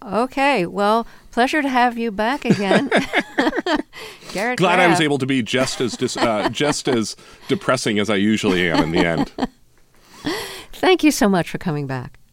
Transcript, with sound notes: well, pleasure to have you back again.
(LAUGHTER)
Glad I was able to be just as...
(Laughter).
Just as depressing as I usually am in the end.
(Laughter) Thank you so much for coming back.